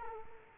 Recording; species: mosquito wingbeat signal from an infrared sensor; Culex quinquefasciatus